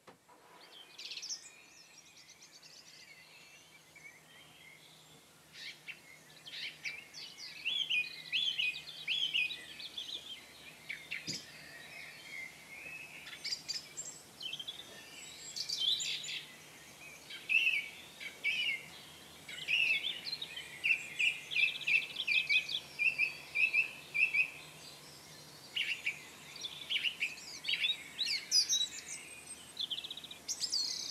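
A dawn chorus of many birds singing and chirping together, thin at first, then growing denser and busier after ten seconds, over a low steady hum.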